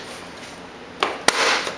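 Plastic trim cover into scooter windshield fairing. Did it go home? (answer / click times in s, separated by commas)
yes / 1.0 s, 1.3 s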